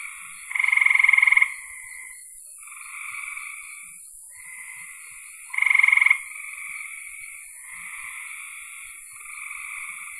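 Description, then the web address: Frog calling: two loud pulsed trills about five seconds apart among softer trilled calls, with a constant high hiss. "cn frogs"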